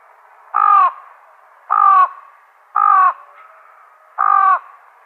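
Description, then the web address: Fan-tailed raven giving four harmonic caws about a second apart, each falling slightly in pitch at the end. "Schulze Peter Fan-tailed Raven"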